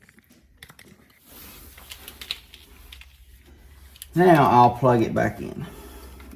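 After the wire is routed behind the cab mount of a Ford F150, the plastic wiring harness connector for Rough Country E-Boards running boards is handled toward its mating plug, with scattered small plastic taps and rattles while someone talks. Nothing has seated or clicked yet; the clip ends just before the connector goes home.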